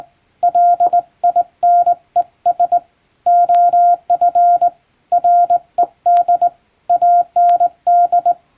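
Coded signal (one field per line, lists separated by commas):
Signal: Morse code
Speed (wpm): 20 wpm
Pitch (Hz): 700 Hz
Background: none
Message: LINES OF RED AND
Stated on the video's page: Hand-sent English-language radiogram practice in Morse on a JRC marine telegraph key, the type favoured by ship radio operators.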